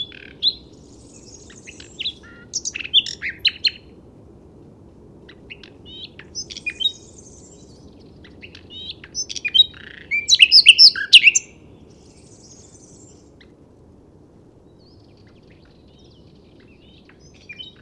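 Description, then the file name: Common nightingale singing in separate bursts of high chirps, trills and whistles, building to a loud rapid rattling phrase around ten to eleven seconds, pauses between phrases. "Luscinia megarhynchos"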